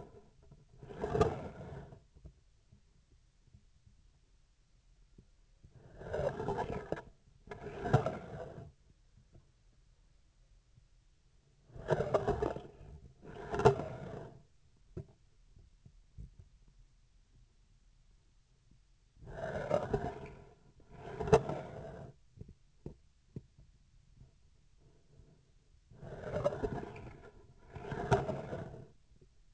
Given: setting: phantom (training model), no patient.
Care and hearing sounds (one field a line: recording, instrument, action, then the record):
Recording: laparoscopic instrument, vibration sensor on the handle end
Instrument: scissors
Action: approaching and retracting movements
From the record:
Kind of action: spatial motion